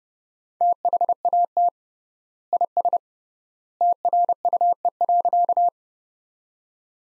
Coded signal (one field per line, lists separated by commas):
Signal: Morse code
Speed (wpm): 30 wpm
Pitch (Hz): 700 Hz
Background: none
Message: THAT IS TRUE.